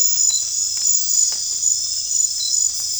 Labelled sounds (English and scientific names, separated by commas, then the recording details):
none
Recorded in secondary vegetation near Puerto Asís, Putumayo, Colombia, on 28 February 2025 at 23:30
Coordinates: 0.484, -76.319
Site G010